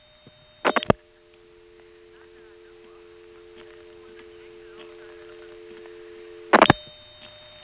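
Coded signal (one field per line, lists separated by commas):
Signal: telephone call progress tone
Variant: North America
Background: speech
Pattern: dial tone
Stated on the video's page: Step-by-step telephone exchange with directors, Elizabeth City NC area, 1977.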